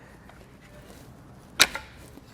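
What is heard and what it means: A side plastic hinge cover on the tailgate hinge of a 2013 Jeep Wrangler Unlimited is carefully pried, to avoid breaking anything, during a MORryde tailgate reinforcement kit installation. Its tabs let go with one sharp pop at 1.6 s, followed by a softer tick at about 1.8 s. The cover is released.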